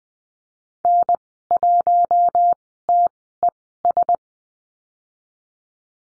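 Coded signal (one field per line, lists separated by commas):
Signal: Morse code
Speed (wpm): 20 wpm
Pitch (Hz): 700 Hz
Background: none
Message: N1TES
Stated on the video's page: Morse code course lesson on call signs at Farnsworth speed 20/10 wpm.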